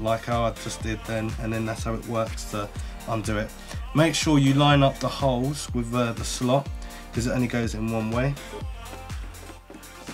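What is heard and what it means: A RAM module is lined up by its key notch with a motherboard DIMM slot, ready to be pushed down, while someone talks over music. The clip ends just before the stick goes home, so nothing has seated or clicked yet.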